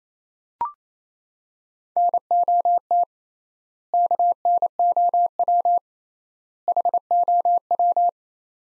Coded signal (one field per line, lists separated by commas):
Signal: Morse code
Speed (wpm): 28 wpm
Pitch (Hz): 700 Hz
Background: none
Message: NOT KNOW HOW